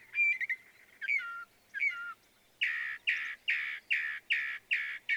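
Northern mockingbird song: a few varied whistled slurs, then a steady run of harsh, raspy notes repeated several times.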